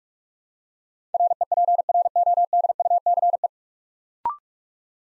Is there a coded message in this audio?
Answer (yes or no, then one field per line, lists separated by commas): yes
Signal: Morse code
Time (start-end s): 1.1-3.5 s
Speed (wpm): 46 wpm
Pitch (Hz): 700 Hz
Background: none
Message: REPRODUCE